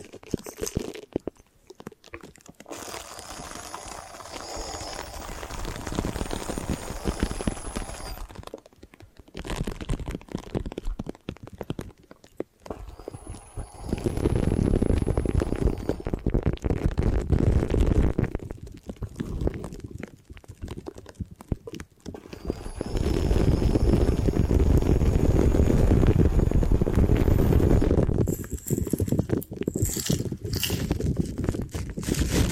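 Hair washing and massage: soft rubbing and crinkly scrubbing fill the clip, rising into dense, low, churning passages around 13–22 seconds and again from 23 to 28. Quieter stretches of scattered crackles and brushing strokes come between, with faint thin high tones layered above.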